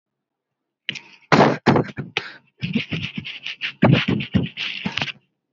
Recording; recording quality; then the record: shallow voluntary cough; excellent, no background noise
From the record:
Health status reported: healthy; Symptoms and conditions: none ticked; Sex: male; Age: 20 years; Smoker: not ticked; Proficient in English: yes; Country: India